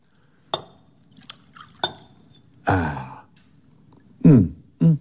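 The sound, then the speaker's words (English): Two sharp glass clinks, then a short gurgling burst of brandy being poured from a bottle into a glass, followed by a couple of brief vocal murmurs. “May I pour you one?”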